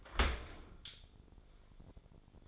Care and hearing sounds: daily activity, microphone in the room; open dishwasher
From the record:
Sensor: 5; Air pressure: 1006.8 hPa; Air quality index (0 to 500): 185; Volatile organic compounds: 5 ppm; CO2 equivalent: 1762 ppm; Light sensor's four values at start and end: 54/150/59/59 and 54/152/59/60

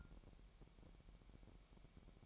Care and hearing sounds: daily activity, microphone in the room; take from stove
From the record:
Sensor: 1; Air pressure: 1012.1 hPa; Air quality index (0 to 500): 229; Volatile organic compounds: 5 ppm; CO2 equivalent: 1825 ppm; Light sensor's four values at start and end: 63/148/63/67 and 62/148/63/67

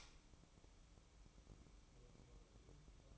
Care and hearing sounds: daily activity, microphone in the room; light on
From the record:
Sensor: 1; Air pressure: 1008.0 hPa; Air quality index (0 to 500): 120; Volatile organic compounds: 2 ppm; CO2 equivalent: 1010 ppm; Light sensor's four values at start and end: 8/20/8/9 and 13/40/15/17

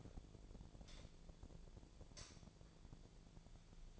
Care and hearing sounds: daily activity, microphone in the room; light on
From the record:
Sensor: 5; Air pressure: 1009.9 hPa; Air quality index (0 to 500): 158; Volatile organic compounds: 4 ppm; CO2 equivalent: 1544 ppm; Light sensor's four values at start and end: 175/443/185/198 and 174/443/184/198

